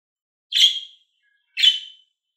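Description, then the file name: Lovebird giving two harsh, piercing screeches about one second apart. Described as a happy lovebird. "Morgh Eshgh Khoshhal"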